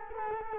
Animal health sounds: mosquito wingbeat signal from an infrared sensor; Culex quinquefasciatus

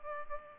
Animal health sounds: mosquito wingbeat signal from an infrared sensor; Culex pipiens

